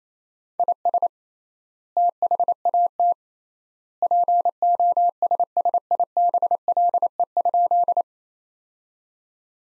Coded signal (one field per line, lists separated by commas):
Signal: Morse code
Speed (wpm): 28 wpm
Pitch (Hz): 700 Hz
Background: none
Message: IS THAT POSSIBLE?